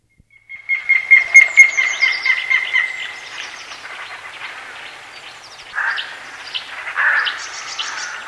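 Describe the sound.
White-tailed eagle giving a series of yelping notes that start strong and fade over a few seconds, followed by fainter, scratchier calls.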